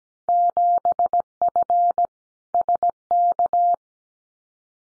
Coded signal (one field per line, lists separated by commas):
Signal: Morse code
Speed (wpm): 17 wpm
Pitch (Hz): 700 Hz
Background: none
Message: 7F SK